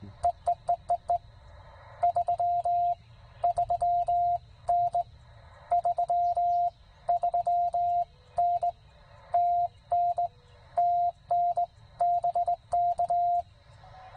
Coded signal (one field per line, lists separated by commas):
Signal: Morse code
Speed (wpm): 20 wpm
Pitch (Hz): 700 Hz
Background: radio noise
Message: EEEEE 33N 33N TN TN BK